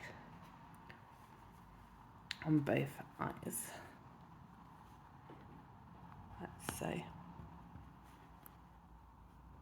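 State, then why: Not seated. A plastic safety eye backing washer is pushed onto the second safety eye post in a crocheted toy head, with soft handling and rustling bursts around 2.3 to 3.7 seconds and again near 6.5 to 7.0 seconds while someone talks. Nothing has clicked or seated yet.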